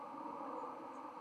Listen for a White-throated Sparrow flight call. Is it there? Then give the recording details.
no. Another species' flight call is heard. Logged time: 01:40 on 31 October 2014